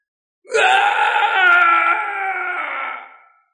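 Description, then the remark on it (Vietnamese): A demon king's long, anguished, despairing shrieking scream, harsh and high-pitched, sustained for about three seconds at steady loudness before trailing off, with no talking. “Quỷ vương rít lên thảm thiết, nửa người dưới vẫn ăn thông với cái đỉnh.”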